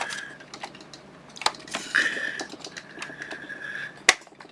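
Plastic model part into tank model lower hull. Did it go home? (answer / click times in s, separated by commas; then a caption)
yes / 4.1 s. A plastic part of a 1/16-scale Trumpeter King Tiger tank model is pushed into its spot inside the lower hull. Several smaller taps and clicks lead up to a loud, sharp snap at 4.1 s as the part seats fully in place.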